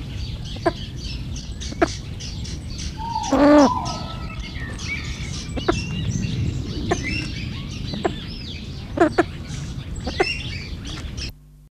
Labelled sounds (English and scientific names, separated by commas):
Temminck's Tragopan (Tragopan temminckii) call